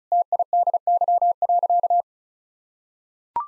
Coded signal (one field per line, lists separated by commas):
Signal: Morse code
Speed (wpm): 34 wpm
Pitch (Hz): 700 Hz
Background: none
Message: TIDY.